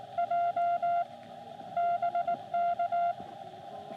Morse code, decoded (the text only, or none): J BK